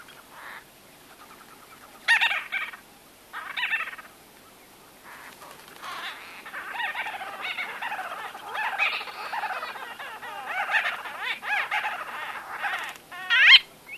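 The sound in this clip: White-fronted bee-eaters calling, scattered nasal chirps at first building into a steady, overlapping chatter of arched notes, ending on a sharper, louder call.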